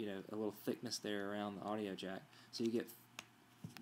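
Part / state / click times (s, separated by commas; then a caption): 3.5 mm audio plug into phone headphone jack / seated / 3.2 s. Someone talks while a 3.5 mm stereo audio plug on an FM transmitter cable is pushed into the headphone jack of an iPhone in a protective case. A sharp snap at 3.2 s marks the plug going all the way down and seating, followed by a fainter tick near the end.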